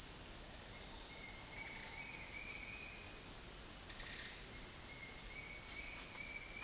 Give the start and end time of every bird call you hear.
1.06s-3.18s: Citron-bellied Attila (1.5-3.1 kHz)
4.49s-6.63s: Citron-bellied Attila (1.7-3.1 kHz)

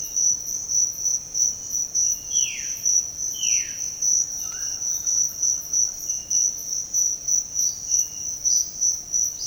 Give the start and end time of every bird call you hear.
2.28s-2.78s: Violaceous Jay (1.4-4.0 kHz)
3.32s-3.84s: Violaceous Jay (1.2-3.7 kHz)
4.44s-4.86s: Violaceous Jay (0.7-2.0 kHz)

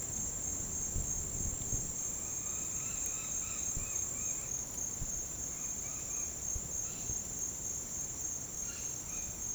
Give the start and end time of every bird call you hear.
1.95s-9.38s: Red-bellied Macaw (0.5-5.5 kHz)

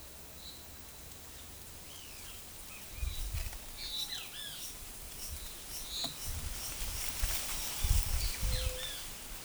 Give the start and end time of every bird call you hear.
8.37s-8.97s: White-tipped Dove (0.4-0.7 kHz)

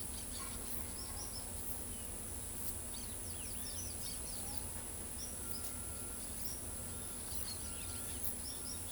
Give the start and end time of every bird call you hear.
0.91s-1.44s: Tropical Kingbird (4.3-6.1 kHz)
2.93s-3.07s: Orange-chinned Parakeet (2.2-7.4 kHz)
3.21s-4.57s: Scrub Greenlet (4.0-6.8 kHz)
4.00s-4.15s: Orange-chinned Parakeet (2.1-6.9 kHz)
5.15s-5.63s: Tropical Kingbird (4.2-6.4 kHz)
6.41s-6.62s: Tropical Kingbird (4.4-6.1 kHz)
7.23s-8.19s: Orange-chinned Parakeet (1.8-7.4 kHz)
8.41s-8.76s: Tropical Kingbird (4.4-6.1 kHz)

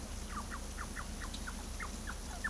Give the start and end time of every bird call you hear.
0.29s-2.50s: Bicolored Wren (0.6-2.4 kHz)

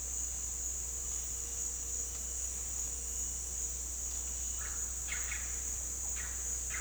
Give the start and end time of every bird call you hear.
4.55s-5.53s: Russet-backed Oropendola (0.6-6.0 kHz)
6.08s-6.43s: Russet-backed Oropendola (1.0-5.6 kHz)

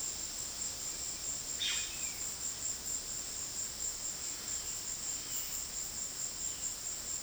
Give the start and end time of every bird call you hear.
1.55s-1.87s: Yellow-rumped Cacique (0.9-8.8 kHz)
1.67s-2.28s: Yellow-crowned Tyrannulet (1.7-2.8 kHz)

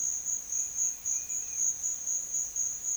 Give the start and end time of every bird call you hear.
0.30s-1.77s: Yellow-crowned Tyrannulet (1.5-3.5 kHz)

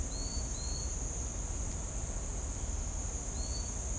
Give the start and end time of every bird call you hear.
0.09s-0.90s: Trinidad Euphonia (3.7-4.6 kHz)
3.32s-3.70s: Trinidad Euphonia (3.7-4.7 kHz)

